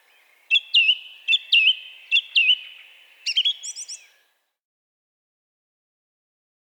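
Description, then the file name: Song thrush song: a short looping phrase repeated three times, followed by a fast high trilled motif, then silence for the last few seconds. "singdrossel"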